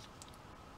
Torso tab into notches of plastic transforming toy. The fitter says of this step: On va pouvoir clipser le tout.